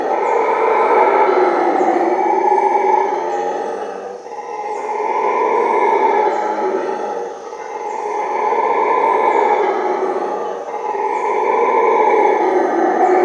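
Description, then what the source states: Howler monkey howling: deep roaring chorus swelling and fading in long waves every three to four seconds, with faint high ticking above. Heard at midnight.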